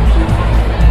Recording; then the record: background sound without coughing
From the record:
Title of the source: Party Noise 1 Hour Party Ambience